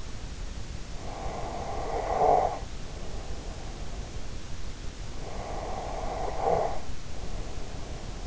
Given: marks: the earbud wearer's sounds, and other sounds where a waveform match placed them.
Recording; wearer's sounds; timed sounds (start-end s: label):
sounds in sleep by an in-ear microphone; snoring breath
0.98-3.92 s: snoring breath
5.21-8.26 s: snoring breath